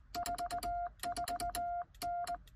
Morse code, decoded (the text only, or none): 44N